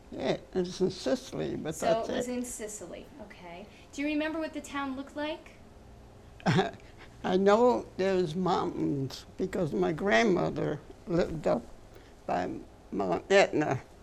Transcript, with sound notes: Yeah, in -- in Si-- Sicily, but...
So it was in Sicily. Okay. Do you remember what the town looked like?
(laughs) I know there is mountains, because my grandmother lived up by Mount Etna